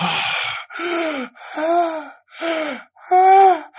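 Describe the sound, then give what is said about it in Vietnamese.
A voice imitates the labored, wheezing breathing of an old woman lying curled up: five strained, raspy breaths in a steady rhythm, each with a tight whistling tone, the last one loudest, with no words spoken. “Cái cảnh tượng mà bà dì hai tối hôm qua bà lấy đồ ăn nó khác hoàn toàn với bà dì hai đang nằm đây, nằm co ro, thở mà thở tiếng khì khò kìa.”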